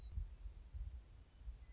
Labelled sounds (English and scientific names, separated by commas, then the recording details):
Western Meadowlark (Sturnella neglecta)
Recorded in Sonoma County, California